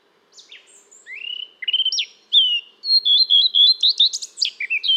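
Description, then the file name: Eurasian blackcap song: a few thin notes, then clear rising and falling whistles, ending in a lively run of sharp, rapid notes. "Sylvia atricapilla"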